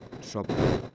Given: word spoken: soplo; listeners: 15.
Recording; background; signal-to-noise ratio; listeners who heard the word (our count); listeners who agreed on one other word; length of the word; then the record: one Spanish word in noise, from a listening test; noise modulated by one talker; -9.2 dB; 2 of 15; 6 of 15; 0.55 s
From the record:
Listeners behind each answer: 6, 2, 2, 1, 1, 1, 1, 1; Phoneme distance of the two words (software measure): 17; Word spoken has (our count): 2 syllables, 5 phonemes, stress on syllable 1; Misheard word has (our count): 2 syllables, 4 phonemes, stress on syllable 1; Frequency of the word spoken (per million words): 4.54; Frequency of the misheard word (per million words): 13.26